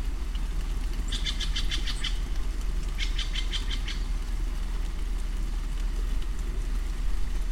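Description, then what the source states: Steller's jay giving two series of rapid, grating notes, the first longer than the second, with a steady low rumble behind. Recorded on 30 September 2008.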